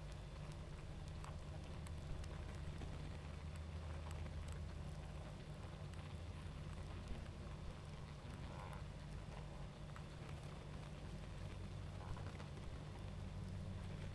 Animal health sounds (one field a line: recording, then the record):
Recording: honeybee colony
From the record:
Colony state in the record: active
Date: 28 July 2017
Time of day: 21:29